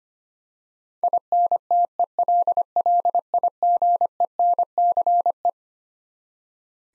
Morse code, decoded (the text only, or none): INTELLIGENCE